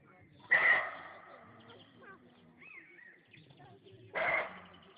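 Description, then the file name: Roe deer barking, two rough, gruff barks about three and a half seconds apart. "sarna"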